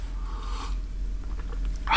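A person sips hot coffee: a breathy, hissing slurp, then several soft gulping clicks as it is swallowed, ending with another sharp airy slurp. No one speaks.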